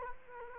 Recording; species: mosquito wingbeat signal from an infrared sensor; Culex quinquefasciatus